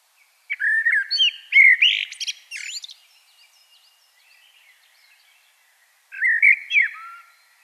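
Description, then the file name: Common blackbird singing a mellow warbled phrase that breaks into sharp high chirps, then a shorter second phrase after a quiet pause. "Turdus merula"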